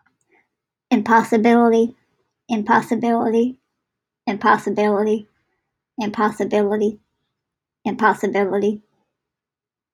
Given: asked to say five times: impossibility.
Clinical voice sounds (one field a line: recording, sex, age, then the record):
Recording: repeated word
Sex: female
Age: 30 to 39 years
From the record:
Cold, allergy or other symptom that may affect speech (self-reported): no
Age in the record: 38 years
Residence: Maryland, United States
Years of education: 14